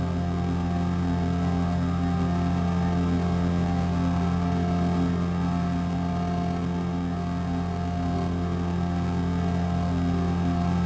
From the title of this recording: drone